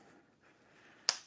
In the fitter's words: There you go. Maybe you heard that click that time.